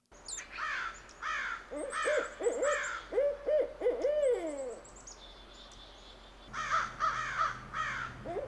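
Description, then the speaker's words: Barred owl hooting: a run of rhythmic, wavering mid-pitched hoots, with harsher, higher calls before and after the hoots. Barred owl's classic 'who cooks for you' call, played back on a radio show. "All right, so we heard the barred owl's call."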